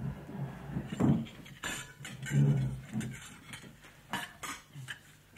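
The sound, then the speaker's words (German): Silver tableware, Meissen porcelain and French crystal clink and scrape at a table laid with damask linen, a steady scatter of small metallic taps and knocks with a few brighter rings, moderately loud, with no talking. “Damastenes Tischzeug, silbernes Essgeschirr, Porzellan aus Meißen, Kristall aus Frankreich.”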